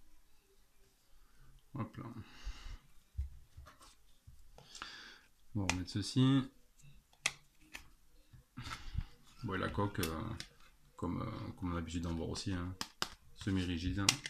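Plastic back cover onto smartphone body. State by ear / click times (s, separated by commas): seated / 7.3 s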